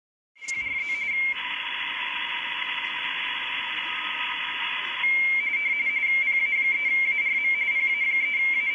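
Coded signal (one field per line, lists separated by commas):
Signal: RTTY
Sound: rapid warbling two-tone chirping near 2 kHz, interrupted by a stretch of loud hiss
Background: radio static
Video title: Decoding RTTY on the Icom IC 7100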